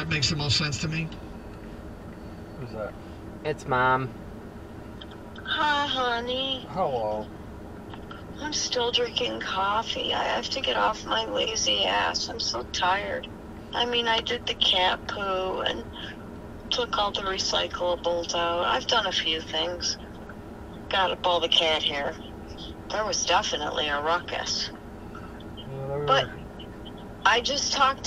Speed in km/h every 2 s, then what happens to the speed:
0, 0, 0, 0, 0, 0, 0, 0, 0, 0, 0, 0, 0, 0.
0-28 standing.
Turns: none.